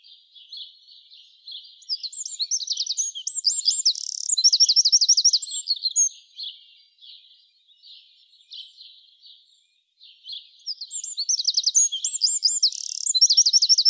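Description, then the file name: Eurasian wren giving two bursts of song, each a rapid, piercing cascade of high trills and chattering notes, separated by several seconds of quieter twittering. "Troglodytes troglodytes"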